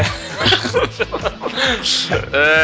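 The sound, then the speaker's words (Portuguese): A person does a wavering, nasal goat bleat impression, mixed with chuckling, and ends on a loud, sustained bleating cry. “Adoro quando o bode faz aquela chamadinha dele.”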